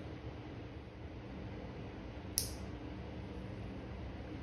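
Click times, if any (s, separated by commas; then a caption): 2.4 s. A plastic protector is squeezed over the male end of a servo connector and snaps into place with a sharp, loud click at 2.4 seconds, over a steady low background hum. The protector is seated.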